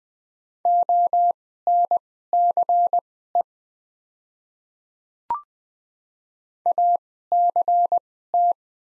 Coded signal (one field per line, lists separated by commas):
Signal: Morse code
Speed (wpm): 20 wpm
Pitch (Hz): 700 Hz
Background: none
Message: ONCE ACT